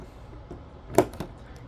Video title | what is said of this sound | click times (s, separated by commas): Marbles, marbles and more marbles (Lego B-daman) | Clicks in place. | 1.0 s